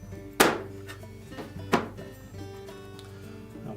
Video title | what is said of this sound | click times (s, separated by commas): Frigidaire Dryer Repair - How to Replace the Outer Door Lens | simply press it down into place. Once that's locked | 0.4 s